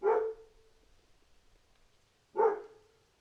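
Dog barking: one short, sharp bark, a pause of about two seconds, then a second similar bark, with quiet background between.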